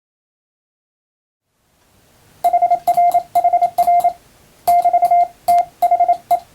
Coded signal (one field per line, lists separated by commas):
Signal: Morse code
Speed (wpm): 28 wpm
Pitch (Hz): 700 Hz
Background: none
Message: HR HR <BT> THE